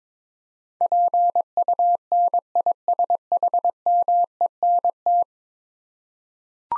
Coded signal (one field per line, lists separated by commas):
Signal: Morse code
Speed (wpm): 22 wpm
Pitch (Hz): 700 Hz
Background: none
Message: PUNISHMENT